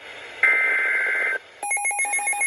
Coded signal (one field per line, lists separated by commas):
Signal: Emergency Alert System (SAME) tones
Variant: header bursts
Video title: EAS #414-415 Severe Thunderstorm Warning